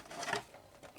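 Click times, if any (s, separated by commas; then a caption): none. A plastic roof piece is slid onto a plastic model kit hull, giving a broad scraping rub that peaks around 0.3 s as it gets hung up, followed by quieter faint rubbing. The roof does not go into its groove, and nothing has seated or clicked yet.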